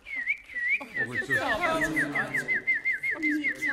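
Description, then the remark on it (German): A person whistles a warbling, birdlike melody in imitation of a blackbird's song, a steady high trilling line that runs throughout while another voice talks underneath. “Ich kann die Vögel nachmachen. Jetzt bin ich eine Amsel.”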